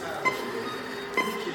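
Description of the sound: Two crisp high beeps about a second apart: the pulse oximeter tone of an operating-room patient monitor during surgery on a broken lower leg. The beeps give the heart rate and show whether the heartbeat is regular; this pitch means oxygen saturation is 100%, and a lower pitch means blood oxygen is falling. The anesthesiologist must always listen for it.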